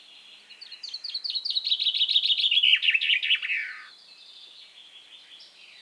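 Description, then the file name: Chaffinch song, a cascading run of sharp notes dropping in pitch, closing with a short falling flourish, then quiet faint background. "Fringilla coelebs"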